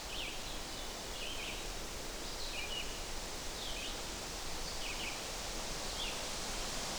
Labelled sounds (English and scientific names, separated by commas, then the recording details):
Red-eyed Vireo (Vireo olivaceus) song
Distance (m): 40 m
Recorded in boreal forest in Alberta, Canada, on 12 June 2016 at 07:31
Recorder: SongMeter 3, array SBT-3-18
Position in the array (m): 205 m, 111 m